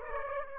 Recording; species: mosquito wingbeat signal from an infrared sensor; Aedes aegypti